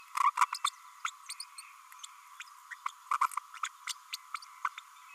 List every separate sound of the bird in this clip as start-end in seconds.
0.23-0.30, 0.40-0.46, 0.52-0.58, 0.64-0.69, 1.04-1.10, 1.29-1.33, 1.40-1.44, 1.58-1.61, 2.39-2.43, 2.71-2.74, 2.85-2.88, 3.11-3.17, 3.21-3.26, 3.63-3.68, 3.87-3.93, 4.12-4.16, 4.34-4.38, 4.64-4.69